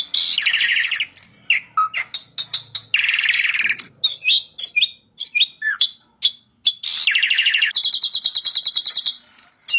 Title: Masteran Jalak Suren